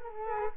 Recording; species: mosquito wingbeat signal from an infrared sensor; Culex quinquefasciatus